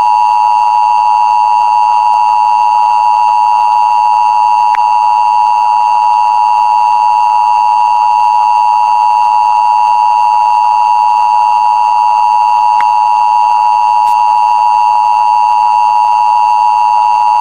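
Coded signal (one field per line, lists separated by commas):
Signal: Emergency Alert System (SAME) tones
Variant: 853 and 960 Hz attention tone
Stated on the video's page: Fictional EAS scenario for entertainment.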